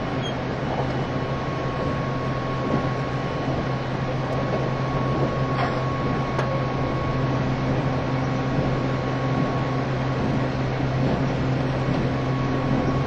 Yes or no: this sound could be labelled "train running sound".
yes